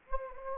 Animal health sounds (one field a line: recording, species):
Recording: mosquito wingbeat signal from an infrared sensor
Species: Anopheles gambiae